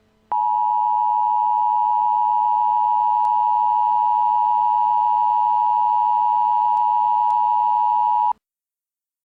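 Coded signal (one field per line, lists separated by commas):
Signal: Emergency Alert System (SAME) tones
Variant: 853 and 960 Hz attention tone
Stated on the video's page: Recreated EAS alert imagining how events in the 1998 film Deep Impact might be broadcast.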